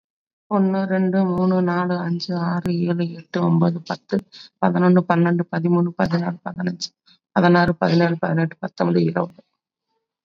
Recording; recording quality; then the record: counting at a normal pace; excellent, no background noise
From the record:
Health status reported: COVID-19 positive, mild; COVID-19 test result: positive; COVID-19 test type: RT-PCR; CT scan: not taken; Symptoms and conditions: cough, fatigue, muscle pain, diabetes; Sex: female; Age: 49 years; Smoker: no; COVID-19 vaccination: both doses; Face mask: worn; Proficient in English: yes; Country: India